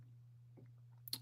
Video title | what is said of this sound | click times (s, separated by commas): 🔴 Let’s Talk Knives!! Secret Squirrel Stuff! | There we go. You hear that click? That was breaking the | 1.1 s